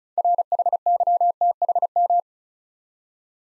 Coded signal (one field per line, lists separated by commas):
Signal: Morse code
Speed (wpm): 36 wpm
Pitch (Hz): 700 Hz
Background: none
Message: RHYTHM